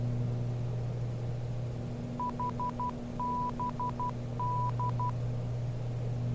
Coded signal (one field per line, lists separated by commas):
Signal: Morse code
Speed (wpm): 12 wpm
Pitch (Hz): 990 Hz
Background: none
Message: HBD